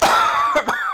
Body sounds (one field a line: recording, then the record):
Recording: coughing mixed with background sound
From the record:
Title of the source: Heavy cold and sore throat coughing.